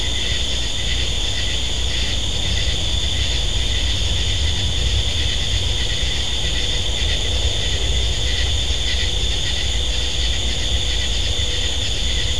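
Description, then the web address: Crickets in a continuous high, shimmering chorus of steady ringing tones, over a constant low rumble. "GENERAL CRICKET"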